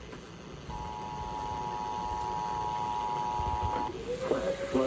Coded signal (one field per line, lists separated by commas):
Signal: Emergency Alert System (SAME) tones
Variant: 853 and 960 Hz attention tone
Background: speech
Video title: NINE TWELVE WEATHER - EAS Alerts on 9/12/2022 (EAS #250-263)